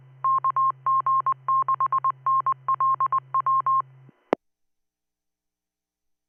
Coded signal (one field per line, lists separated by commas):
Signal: Morse code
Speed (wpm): 20 wpm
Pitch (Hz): 1060 Hz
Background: none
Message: KG6NLW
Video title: Let's Listen to 2m traffic! 26th Jan 2026